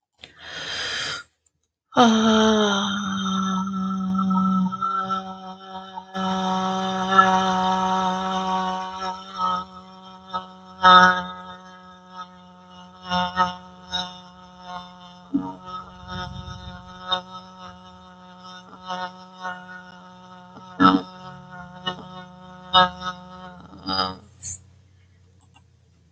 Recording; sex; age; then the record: vowel held as long as possible; female; 30 to 39 years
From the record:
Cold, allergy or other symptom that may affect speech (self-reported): no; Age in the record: 32 years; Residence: Indiana, United States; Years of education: 14